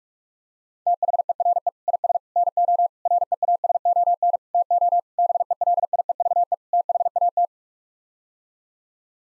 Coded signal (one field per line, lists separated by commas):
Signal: Morse code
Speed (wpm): 41 wpm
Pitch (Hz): 700 Hz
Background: none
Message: THERE IS NO REASON TO BELIEVE THAT